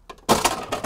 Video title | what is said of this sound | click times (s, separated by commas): 2019 Airstream International Serenity 30RBT Walk Through Twin Bed Travel Trailer Camping | one finger on it when it comes out it locks in place on both sides | 0.5 s, 0.7 s